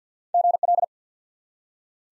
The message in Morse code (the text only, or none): GL